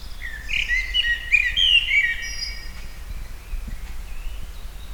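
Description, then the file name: Common blackbird giving a rich, whistled warble of several quick notes mixed with thin high squeaks, against a low background rumble. "Turdus merula"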